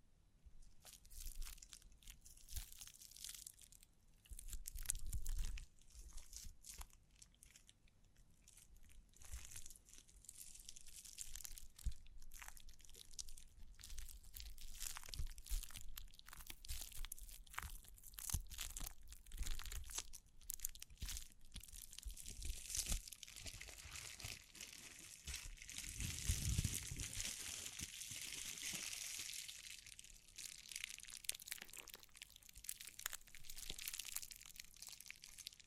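Dense tapping, scratching and brushing crinkles run throughout, with sharp clicks, a brighter hissing stretch after twenty seconds and a low thump near twenty-six.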